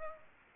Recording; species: mosquito wingbeat signal from an infrared sensor; Aedes aegypti